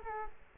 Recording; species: mosquito wingbeat signal from an infrared sensor; Culex quinquefasciatus